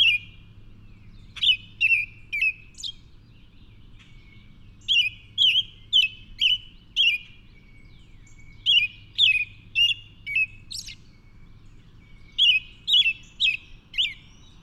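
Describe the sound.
Bird chirping in clusters of several quick, high downslurred notes, each group separated by short pauses, with a soft low hum underneath.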